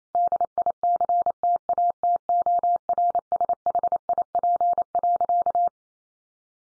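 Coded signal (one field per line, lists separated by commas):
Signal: Morse code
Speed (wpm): 28 wpm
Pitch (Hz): 700 Hz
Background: none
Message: DICTATORSHIP.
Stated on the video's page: Morse practice drill of sentences sent at 28 wpm for head-copy.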